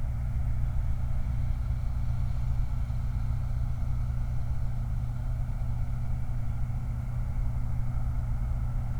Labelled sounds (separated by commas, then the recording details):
truck
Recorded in the Prudhoe Bay oil fields, Alaska, on 29 July 2019
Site 29